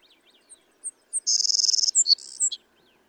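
Savannah sparrow song with spaced high chips, a long, shimmering high buzz, a burry lower buzz and a quick final note; faint bird notes at the start.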